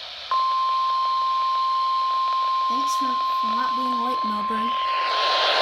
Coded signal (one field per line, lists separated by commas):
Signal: Emergency Alert System (SAME) tones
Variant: 1050 Hz attention tone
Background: speech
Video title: RWT Not Late Thanks 😊! Required Weekly Test ⚠️ | 11:01 - 10/07/2020 | EAS #74